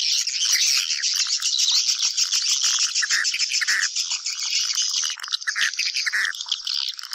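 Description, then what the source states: Swiftlets giving a steady wall of high, buzzy twittering with scattered clicks, a few lower chirps standing out near the end. Lure sound played to attract swiftlets for nest farming.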